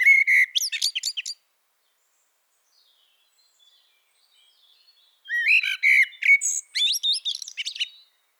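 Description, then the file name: Common blackbird song: two flute-like warbling phrases several seconds apart, each finishing with rapid, shrill, scratchy high notes, with near silence between. "Turdus merula"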